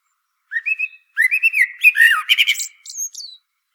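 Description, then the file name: Common blackbird song phrase: a few rounded, whistled notes, then a faster jumble of warbles, finishing with a thin, high squeaky flourish. "Turdus merula"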